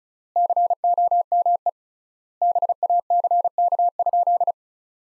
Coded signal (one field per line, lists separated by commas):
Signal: Morse code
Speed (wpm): 36 wpm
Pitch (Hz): 700 Hz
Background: none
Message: COME BACK?